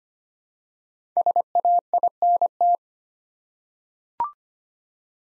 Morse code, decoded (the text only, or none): SAINT